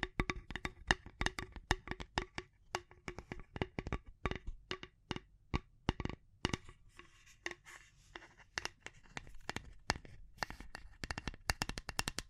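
Tapping and scratching in quick, uneven bursts of sharp clicks, dense throughout, with softer scraping between strikes and a low background rumble.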